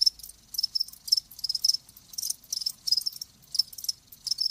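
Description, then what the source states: Crickets chirping in high pulsed bursts in uneven groups, with a few clear tonal notes standing out. Live crickets chirping with a lulling song.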